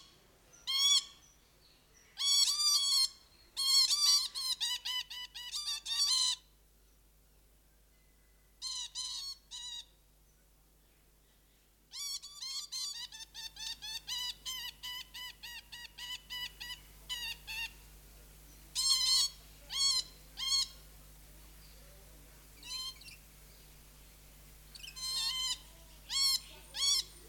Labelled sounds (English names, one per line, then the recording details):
Coconut Lorikeet
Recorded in captivity
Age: adult
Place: Zoo Berlin, Berlin, DE
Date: 1992-06-20 11:52
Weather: wolkig-heiter, 20-24°C
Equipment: Marantz CP 430, Sennheiser ME 80, Kopie Tesla B 116
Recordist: Tembrock, Günter
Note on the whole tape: Paar, erst Kontaktlaute, dann Erregung auf Mikro bezogen (Abstand ca. 30cm), Dauer ca. 4 min